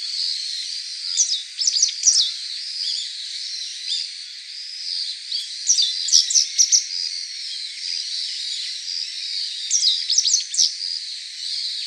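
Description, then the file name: Japanese wagtail calls: clusters of sharp, falling chirps in three bursts over a steady high whirring drone. "segurosekirei"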